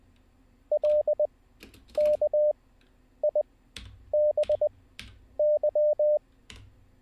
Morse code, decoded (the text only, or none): LKIBY